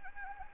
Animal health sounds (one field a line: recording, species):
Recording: mosquito wingbeat signal from an infrared sensor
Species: Anopheles gambiae